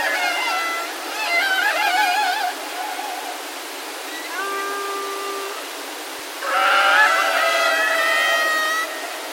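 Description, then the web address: Killer whale calls: wavering pulsed cries with rich overtones, a clear steady whistle midway, then a loud burst of overlapping squealing calls near the end. "kasatka"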